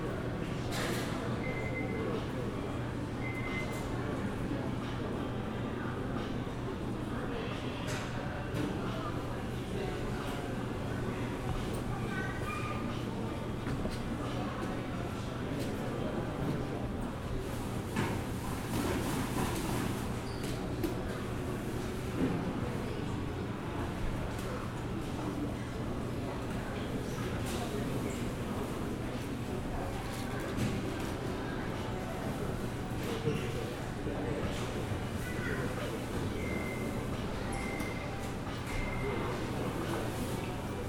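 Ambience at Songshan Airport: a steady low hum runs throughout beneath a dense murmur of voices and shuffling movement. Short, high beeping tones chime near the start, around twelve seconds and again near 35 seconds, with a brief louder swell around 19 seconds.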